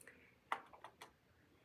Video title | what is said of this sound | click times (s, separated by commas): Chester County Hospital Glucometer Demonstration Video | indented Mark and you will twist to connect them and you will hear a click | 0.5 s